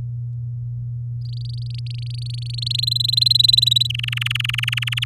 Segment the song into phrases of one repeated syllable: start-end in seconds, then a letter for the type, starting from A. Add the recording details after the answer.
1.22-2.73 A, 2.74-3.87 B, 3.89-5.04 C. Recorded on 10 May 2018 at 06:11. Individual llb16